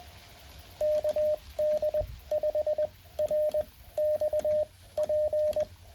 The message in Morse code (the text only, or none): KD5RXP